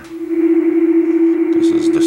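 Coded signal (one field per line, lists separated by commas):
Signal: PSK31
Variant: BPSK31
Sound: a single steady, slightly warbling low tone over constant radio hiss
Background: radio static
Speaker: and you hear the signal here this is this what the signal sounds like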